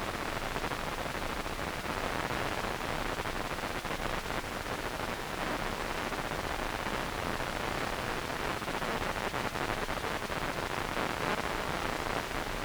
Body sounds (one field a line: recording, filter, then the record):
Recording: brain microelectrode recording played as sound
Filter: wide band, above 20 Hz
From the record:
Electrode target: subthalamic nucleus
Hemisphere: right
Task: reaching with the left hand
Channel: 2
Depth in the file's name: 5.102 mm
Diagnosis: Parkinson's disease